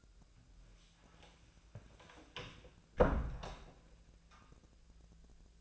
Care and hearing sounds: daily activity, microphone in the room; close door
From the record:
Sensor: 2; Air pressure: 1000.3 hPa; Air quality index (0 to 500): 174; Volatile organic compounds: 3 ppm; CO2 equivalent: 1446 ppm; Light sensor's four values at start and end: 9/23/9/10 and 9/22/9/10

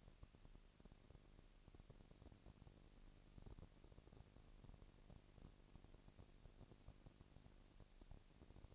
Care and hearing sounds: daily activity, microphone in the room; no activity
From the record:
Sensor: 4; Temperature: 22.4 degrees Celsius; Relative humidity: 31.9%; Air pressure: 997.9 hPa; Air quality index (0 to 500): 203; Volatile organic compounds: 17 ppm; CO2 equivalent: 2572 ppm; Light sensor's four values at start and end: 2/3/1/1 and 2/3/1/1

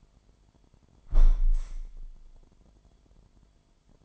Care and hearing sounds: daily activity, microphone in the room; close window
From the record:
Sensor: 5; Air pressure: 998.7 hPa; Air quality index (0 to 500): 105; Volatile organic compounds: 2 ppm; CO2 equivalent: 1210 ppm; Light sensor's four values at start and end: 44/110/45/52 and 44/110/45/51

